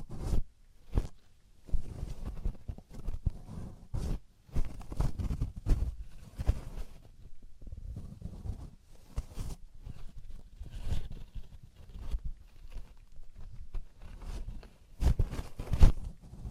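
Ear cleaning and earwax removal: irregular scratchy scrapes and sharp clicks come every second or so over a soft, low rumbling hum throughout.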